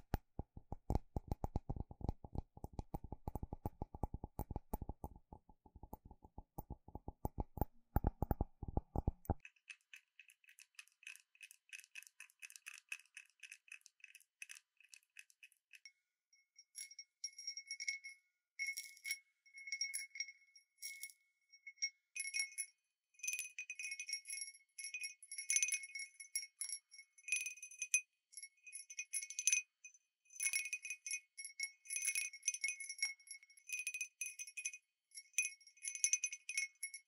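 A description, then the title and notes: A wind bell cup and glass being tapped. For the first nine seconds there is a rapid, dense run of dull low ticks, then the sound turns to bright, high ringing taps and tinkles, sparse at first and coming in quick clustered bursts after about seventeen seconds. Wind Bell Cup | Glass Tapping | No Talking. 風鈴杯 | 玻璃杯.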